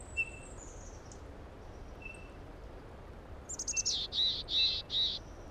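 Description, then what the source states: Mountain Chickadee giving a raspy, buzzy call of several harsh notes near the end, after a few faint high thin notes over steady background noise. Raspy call that sounds like a sore throat; west side of Rocky Mountain National Park, Colorado.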